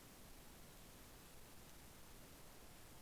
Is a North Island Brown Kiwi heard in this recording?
no